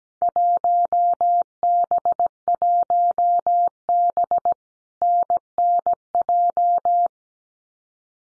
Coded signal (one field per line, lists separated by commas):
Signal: Morse code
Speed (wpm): 17 wpm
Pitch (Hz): 700 Hz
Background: none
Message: 1B1B NNJ